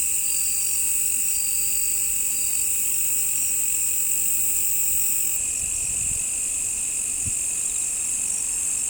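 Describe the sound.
Crickets trilling without pause in dense high-pitched layers. One higher voice drops out partway through, and soft low knocks follow.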